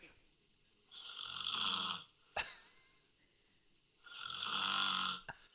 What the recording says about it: So this is the girlfriend snoring. It's a lot more delicate. I don't think that's anywhere near as bad. No, it's annoyingly not as bad as the fella.